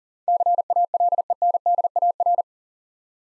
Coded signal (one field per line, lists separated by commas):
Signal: Morse code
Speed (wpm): 41 wpm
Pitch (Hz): 700 Hz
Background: none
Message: CALENDAR